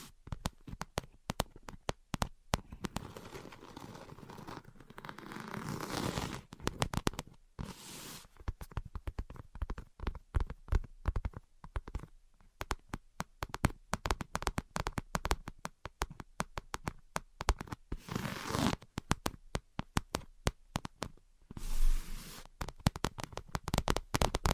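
Invisible tapping and scratching: dense, rapid clicks and taps throughout, with brief rustling scratchy swells around six, eighteen and twenty-two seconds.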